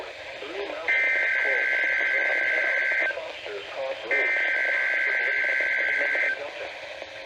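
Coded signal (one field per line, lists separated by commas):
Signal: Emergency Alert System (SAME) tones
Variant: header bursts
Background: speech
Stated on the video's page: Severe Thunderstorm Warning alerts DXed on stations in and near Alabama, plus a couple of closer stations.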